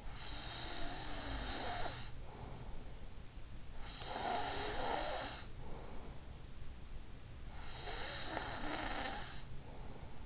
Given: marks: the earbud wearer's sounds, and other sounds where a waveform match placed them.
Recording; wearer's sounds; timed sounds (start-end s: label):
sounds in sleep by an in-ear microphone; snoring breath
0.00-2.90 s: snoring breath
4.00-6.44 s: snoring breath
7.66-10.26 s: snoring breath